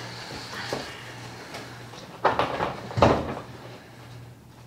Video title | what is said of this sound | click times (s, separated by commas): HOW TO Epson 6050 and 120" Dragonfly HC Projector Screen Alignment | and then you actually have to take your hands i'm in a dress shirt so i can't really do it but you got to kind of push up and in and it'll click right into place | 2.4 s, 3.0 s